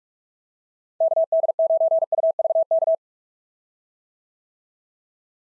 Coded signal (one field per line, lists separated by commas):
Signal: Morse code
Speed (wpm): 44 wpm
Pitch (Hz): 650 Hz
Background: none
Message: KD9UVK